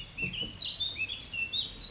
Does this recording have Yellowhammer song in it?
no